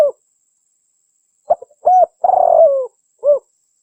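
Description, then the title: Spotted dove cooing: a clipped coo, then a phrase of short soft notes, a ringing coo, a long burred coo and a final short coo, low and mellow. Clear-quality spotted dove song used for training other birds. "SUARA BURUNG DERKUKU MASTERAN BURUNG SUARA DERKUKU KUALITAS JERNIH Vubey"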